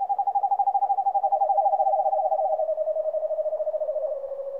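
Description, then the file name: Eastern screech owl uttering a long, rapid pulsed trill that slides gradually downward in pitch, with no other sounds. "Digiffects Sound Effects Library - Eastern Screech Owl"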